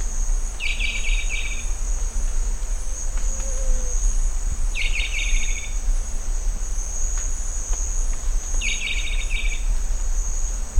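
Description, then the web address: Rondonia bushbird giving short, rattling, buzzy calls about every four seconds, three in all, over a steady high insect drone. "sound Rondônia-bushbird"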